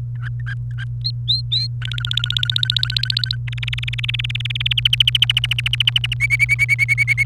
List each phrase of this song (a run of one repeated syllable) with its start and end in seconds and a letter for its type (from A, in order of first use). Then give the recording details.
0.15-0.84 A, 1.01-1.67 B, 1.82-3.35 C, 3.48-4.73 D, 4.77-6.14 E, 6.20-7.24 F. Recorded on 28 April 2018 at 17:24. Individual llb3